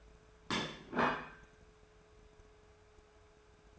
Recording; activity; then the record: daily activity, microphone in the room; place plate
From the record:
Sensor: 2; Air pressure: 1014.9 hPa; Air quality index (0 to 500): 204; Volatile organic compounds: 20 ppm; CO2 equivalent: 2702 ppm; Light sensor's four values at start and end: 19/45/19/21 and 14/34/15/16